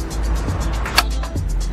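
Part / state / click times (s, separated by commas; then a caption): bicycle lock releasing from a bike-share docking station / released / 1.0 s. A bike-share docking station's electronic lock releases the rental bike after the rental is confirmed by scanning a QR code in the app. A sharp click sounds at 1.0 s over steady low background rumble, and a fainter knock follows at 1.2 s. The bike is unlocked.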